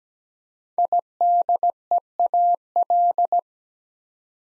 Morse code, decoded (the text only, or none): IDEAL